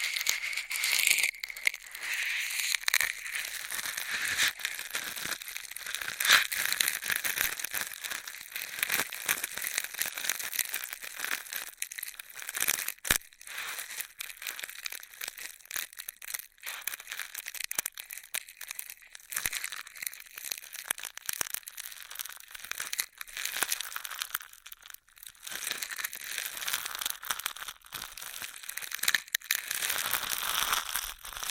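Straws rustle, click and crinkle constantly for the whole stretch, a dense, bright, crackly texture with frequent sharp snaps and no pauses.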